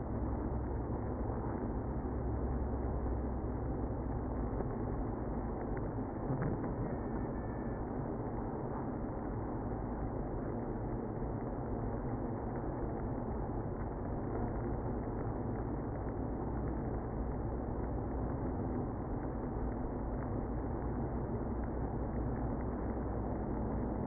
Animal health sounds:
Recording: honeybee colony, microphone inside the hive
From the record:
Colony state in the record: queenless (queen removed)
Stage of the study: after two queens were removed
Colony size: about 60,000 bees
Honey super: yes

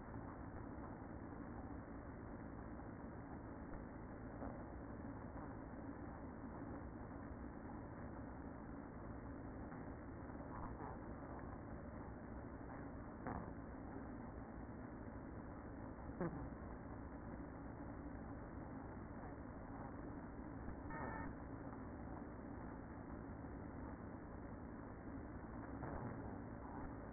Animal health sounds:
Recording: honeybee colony, microphone inside the hive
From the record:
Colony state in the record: queen present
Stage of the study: after two queens were removed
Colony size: about 60,000 bees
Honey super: yes

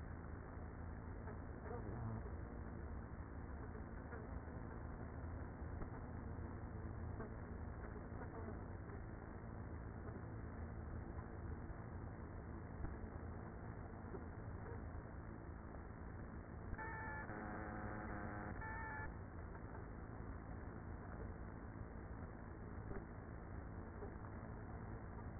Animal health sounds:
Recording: honeybee colony, microphone inside the hive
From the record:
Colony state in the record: queenless with a low population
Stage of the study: after two queens were removed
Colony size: about 30,000 bees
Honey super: no

